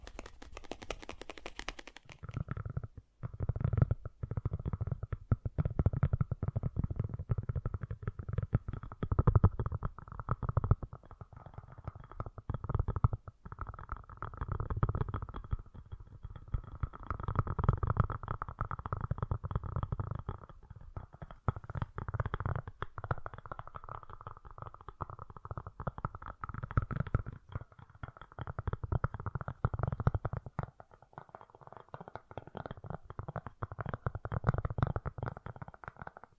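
Fast, gentle tapping runs continuously, a dense soft patter with low thuds and a faint steady tone, after a brighter burst at the start.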